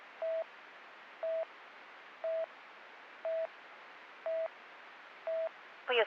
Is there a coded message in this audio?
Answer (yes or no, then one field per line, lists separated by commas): no